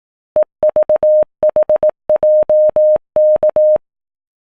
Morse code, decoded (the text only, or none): EVHJK